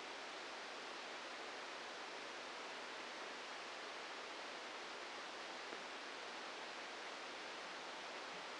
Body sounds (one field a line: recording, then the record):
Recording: brain microelectrode recording played as sound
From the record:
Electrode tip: outside the subthalamic nucleus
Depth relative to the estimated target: 1 mm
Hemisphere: left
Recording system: NeuroSet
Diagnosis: Parkinson's disease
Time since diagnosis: 8 years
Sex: male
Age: 46 years